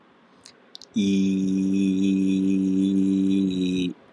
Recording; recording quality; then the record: sustained vowel as in beet; excellent, no background noise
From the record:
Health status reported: healthy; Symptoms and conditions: none ticked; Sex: male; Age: 38 years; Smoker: not ticked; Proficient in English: yes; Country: India